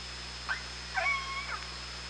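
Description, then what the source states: Orca calls underwater: a short upswept call followed by a longer pulsed call with a steady harmonic tone, over constant hydrophone hum. Recorded on the OrcaLab hydrophone on 24 August 2017 at 18:05.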